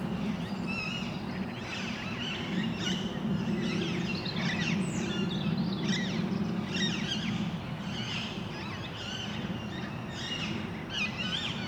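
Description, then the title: Harsh, squawking parakeet calls repeated rapidly by many birds, over a constant low droning rumble. Parakeets in Parc Duden, Forest, Brussels, Belgium, just before nightfall; recorded with a handheld recorder's internal XY microphones. "Parc Duden, Forest, Bruxelles-Capitale, Belgique - Parakeets - Perruches"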